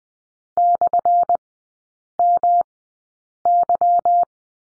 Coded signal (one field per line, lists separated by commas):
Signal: Morse code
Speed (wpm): 20 wpm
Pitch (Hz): 700 Hz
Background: none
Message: /MY